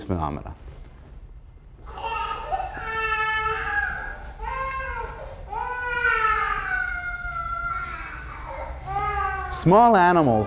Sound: plays a sound of a baby crying

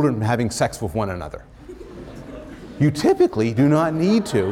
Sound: laughter

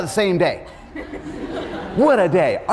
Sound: laughter

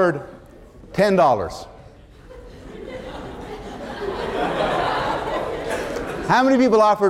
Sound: laughter

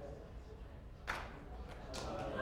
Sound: applause

